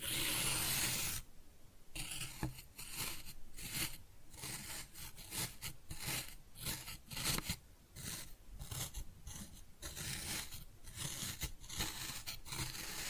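Kinetic sand being cut and scooped, with a steady stream of grainy, crunchy scraping and rubbing strokes. An opening burst of dense hiss gives way after about a second to repeated short, gritty pulls, roughly one or two per second, with brief quiet gaps between.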